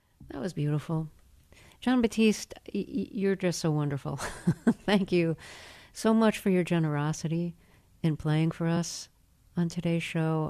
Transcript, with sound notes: That was beautiful. Jon Batiste, you're just so wonderful. (laughter) Thank you so much for your generosity in playing for us on today's show.